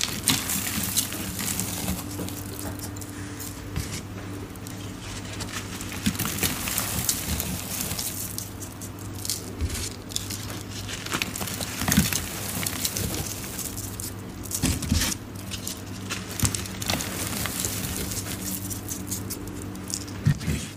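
Powdery chalk and black iron oxide are crushed, giving a dense, crumbly crunching with frequent crisp bursts, sharpest around 4, 10, 12 and 15 seconds. A steady low hum runs underneath throughout, and the crunching stays busy without long pauses.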